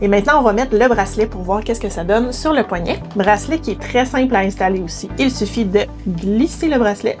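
A woman talks over background music while getting ready to slide a sport band's connector into the slot on the case of a rose gold Apple Watch Series 11. The band has not seated or clicked into the case yet.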